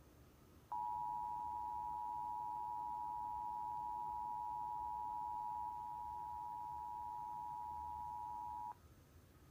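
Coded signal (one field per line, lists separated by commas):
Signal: Emergency Alert System (SAME) tones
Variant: 853 and 960 Hz attention tone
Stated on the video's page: Severe thunderstorm warning recorded in the early morning.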